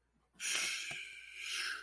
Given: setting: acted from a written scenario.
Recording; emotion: vocal sound without words; disappointment